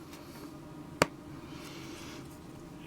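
The second plastic wing ball peg of a Schleich Eldrador Creatures Ice Dragon toy figure (catalog number 70139) is plugged back into its socket in the figure's body. A single sharp snap sounds at 1.0 s over a quiet, steady background hum. The peg seats in place.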